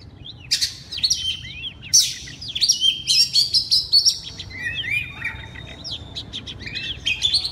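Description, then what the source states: Oriental magpie-robin song of clear sweet whistles and sharp upward flicks, dense and lively throughout. Loud song in the ngeplong style.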